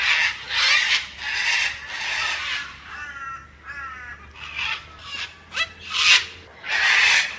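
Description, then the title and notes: Cockatoos screeching, harsh loud rasping cries in bursts about every second, several birds overlapping with brief quieter gaps between. Large flocks of big white crested cockatoos flying past fast at Cape Gloucester, shrill and loud; recorded by Jessie. "Kakadu - Cockatoo. Große Meuten von Kakadus am Cape Gloucester machen einen Höllenlärm, wenn sie vorbeiflieen. Der Sound ist etwas nervig - schrill und laut. Der Sound wurde für mich von Jessie am Cape Gloucester aufgenommen"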